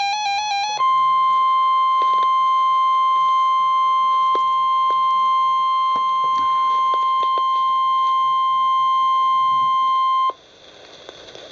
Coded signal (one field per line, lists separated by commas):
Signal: Emergency Alert System (SAME) tones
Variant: 1050 Hz attention tone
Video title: Real NOAA Weather Radio EAS Alert #166